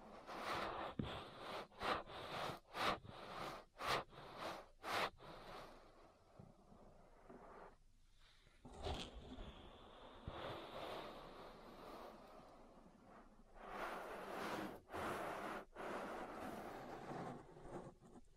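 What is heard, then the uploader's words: Ear massage sounds: rubbing and brushing with sharp scratchy bursts every second early on, a quieter stretch mid-clip, then denser rubbing near the end. ASMR Relaxing Ear Massage. (No Talking).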